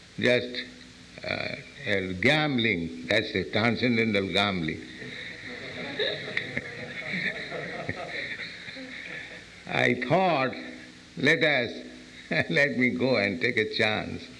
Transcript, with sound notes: just gambling—that's a transcendental gambling. [laughs] [devotees laugh] I thought, "Let us…, let me go and take a chance."